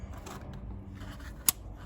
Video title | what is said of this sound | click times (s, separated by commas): Transmission Range Sensor | and it clicked | 1.5 s